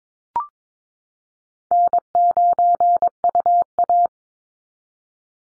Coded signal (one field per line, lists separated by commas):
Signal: Morse code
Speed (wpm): 22 wpm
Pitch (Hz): 700 Hz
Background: none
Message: N9UA